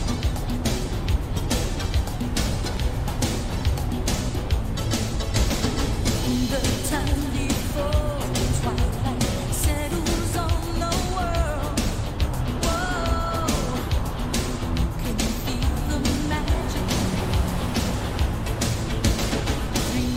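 Steady, dense rumble of a moving car fills the whole clip, with a low, constant road and engine drone. Faint radio crackle and snatches of tonal sound, perhaps speech or music, drift in and out, especially around eight and twelve seconds.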